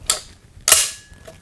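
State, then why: Released. The lever of a Nemo Arms NX over-under shotgun is released and the break-open action is opened. Two sharp mechanical clicks ring out at 0.1 s and 0.7 s, the second the louder as the ejectors pop up. A faint steady tone lingers afterward.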